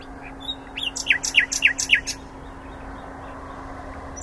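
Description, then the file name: Common nightingale song phrase: a few soft notes, then four or five loud, sharp chirps in quick, even sequence, followed by quiet with a faint hum. "Luscinia megarhynchos"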